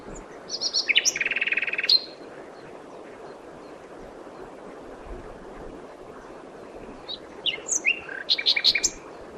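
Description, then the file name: Common nightingale singing two phrases several seconds apart: first a dense buzzy rattle after sharp notes, then a scatter of varied chirps and whistles, with a quiet pause between. "Luscinia megarhynchos"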